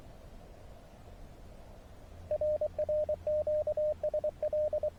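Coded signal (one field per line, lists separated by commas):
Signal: Morse code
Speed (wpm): 23 wpm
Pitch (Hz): 610 Hz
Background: radio noise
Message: RR QSL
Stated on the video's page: Morse from a SOTA summit activation combined with hike and fly paragliding.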